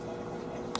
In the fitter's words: rotate it down to where it snaps into place so